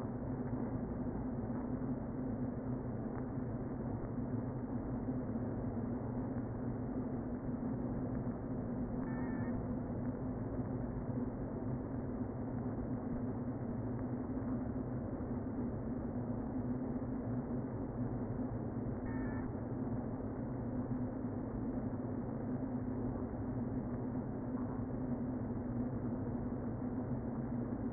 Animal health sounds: honeybee colony, microphone inside the hive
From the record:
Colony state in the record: queen present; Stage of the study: before two queens were removed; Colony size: about 60,000 bees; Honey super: yes

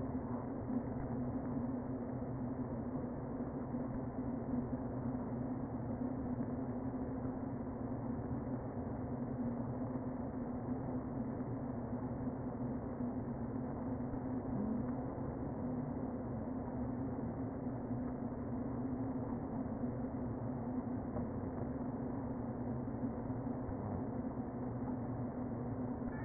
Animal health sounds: honeybee colony, microphone inside the hive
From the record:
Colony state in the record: queen present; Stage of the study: before two queens were removed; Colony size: about 60,000 bees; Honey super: yes

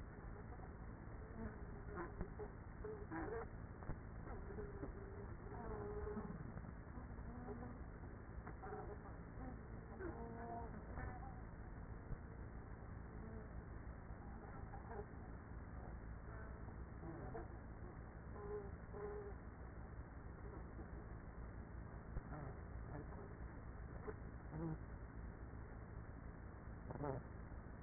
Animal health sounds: honeybee colony, microphone inside the hive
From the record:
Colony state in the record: queenless with a low population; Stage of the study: after two queens were removed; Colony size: about 30,000 bees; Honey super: no

